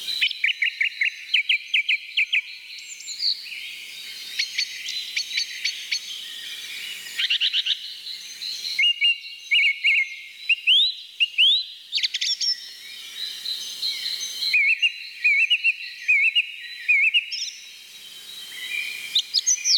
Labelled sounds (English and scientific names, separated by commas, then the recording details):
Song Thrush (Turdus philomelos) song
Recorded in the wild
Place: Oberrotweil am Kaiserstuhl, Baden-Württemberg, DE
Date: 1985-04-05
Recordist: Schwarz, Dieter
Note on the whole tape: Song